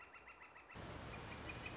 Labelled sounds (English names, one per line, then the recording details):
Northern Flicker
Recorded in Sonoma County, California